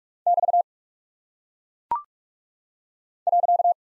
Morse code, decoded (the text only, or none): <BT> .